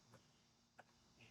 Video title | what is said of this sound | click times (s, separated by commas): NEW STYLE FORD VALVE COVERS W GASKET FULL UPGRADE AND COMPARISON | Okay, so this is pretty easily snapped back into place. | 0.8 s